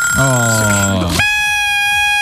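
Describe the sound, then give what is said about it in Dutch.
A small bell rings out with a bright, sustained high tone after about a second of low, buzzy droning; the ringing lingers steadily and clearly to the end. “Want normaal hebben we er een belletje voor.”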